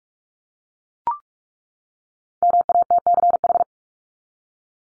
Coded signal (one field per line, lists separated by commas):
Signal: Morse code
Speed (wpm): 44 wpm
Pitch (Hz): 700 Hz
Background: none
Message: MATCH